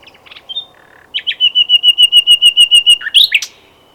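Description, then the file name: Common nightingale singing a few brief opening notes, then a long run of many evenly repeated whistled notes ending in a quick flourish. "Luscinia megarhynchos"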